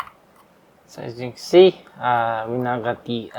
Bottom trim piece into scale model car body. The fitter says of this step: And then we will also be clicking that into place as well.